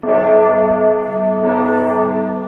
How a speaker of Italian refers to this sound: Quando sentirete il rintocco, saranno esattamente le 10:26, ora media della costa orientale.